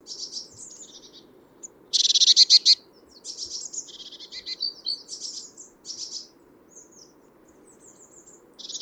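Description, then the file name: Great tit calls: buzzy churrs, a loud burst of rapid harsh notes, then further rattling churrs and thin high notes, and a final louder burst, over a low hum. "Parus major"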